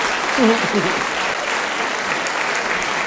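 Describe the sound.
Steady audience applause fills the whole stretch, a dense even wash of clapping, with a brief voice or cheer rising over it near the start.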